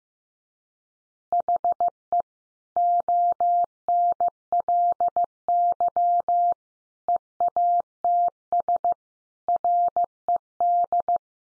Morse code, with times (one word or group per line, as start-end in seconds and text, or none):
1.3-2.2 HE
2.8-6.5 ONLY
7.1-8.9 EATS
9.5-11.2 RED